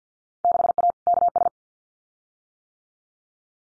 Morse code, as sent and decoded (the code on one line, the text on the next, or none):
-.... .- / -.- ...
6A KS